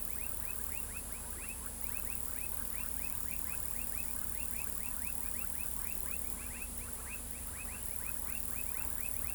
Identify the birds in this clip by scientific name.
none